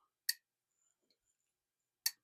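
Two sharp, bright snaps from the button lock of a folding knife engaging as its blade swings open in an aluminum integral handle, heard at 0.3 s and 2.1 s. Near silence lies between them, and the lock seats firmly each time.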